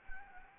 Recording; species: mosquito wingbeat signal from an infrared sensor; Anopheles gambiae